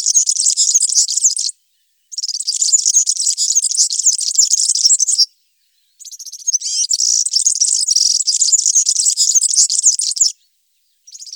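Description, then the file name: European serin singing several long runs of shrill, rapid, glassy jingling notes, each lasting several seconds with brief silences between; no other sounds. "verzellino"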